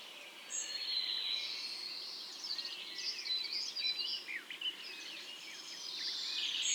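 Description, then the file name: European robin warbling: a rapid jumble of high, thin twittering and sliding notes rising and falling, steady hiss beneath. "Erithacus rubecula"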